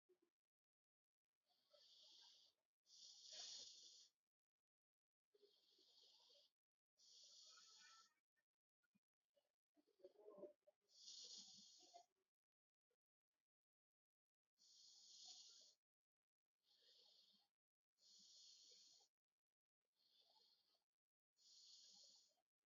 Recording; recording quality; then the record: shallow breathing; excellent, no background noise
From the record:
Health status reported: healthy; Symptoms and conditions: hypertension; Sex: male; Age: 52 years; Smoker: not ticked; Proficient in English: yes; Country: India